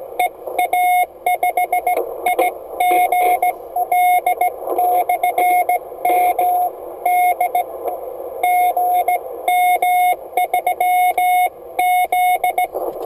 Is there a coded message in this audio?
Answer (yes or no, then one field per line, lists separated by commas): yes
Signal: Morse code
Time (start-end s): 0.2-12.6 s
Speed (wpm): 17 wpm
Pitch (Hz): 720 Hz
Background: radio noise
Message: EA5IGL/M D GM3Z